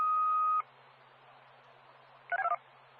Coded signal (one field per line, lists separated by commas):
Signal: DTMF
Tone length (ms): 60 ms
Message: 3B21